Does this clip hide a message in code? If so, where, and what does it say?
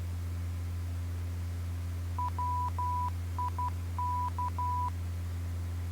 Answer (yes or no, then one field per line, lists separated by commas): yes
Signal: Morse code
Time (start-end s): 2.2-4.9 s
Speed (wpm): 12 wpm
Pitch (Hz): 990 Hz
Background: none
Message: WIK